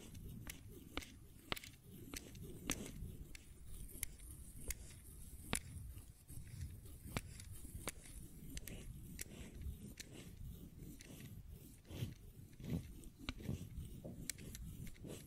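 Fidget cube tapping and clicking, with sharp bright clicks landing every half second or so, sometimes in quick pairs. Underneath runs a steady low rumbling and rustling, with louder handling noise around twelve to fourteen seconds.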